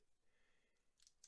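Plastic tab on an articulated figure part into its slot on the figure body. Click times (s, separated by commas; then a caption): 1.1 s, 1.2 s. During a transformation of a Maketoys Gundog (Masterpiece Hound G1) toy robot, a small plastic tab (lug) on an articulated part is pushed into its slot on the figure body. After a quiet stretch of faint handling, two short, sharp clicks ring out at 1.1 s and 1.2 s as the tab clips into place and seats.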